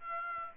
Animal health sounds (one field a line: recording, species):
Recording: mosquito wingbeat signal from an infrared sensor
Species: Aedes aegypti